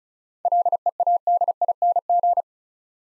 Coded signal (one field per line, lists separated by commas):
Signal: Morse code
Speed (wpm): 36 wpm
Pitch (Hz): 700 Hz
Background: none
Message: LEADING